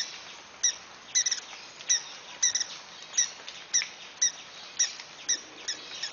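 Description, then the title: Brazilian ruby uttering thin, high chip notes at an uneven pace, singles and pairs, over a quiet hiss. "Beija Flor Rubi"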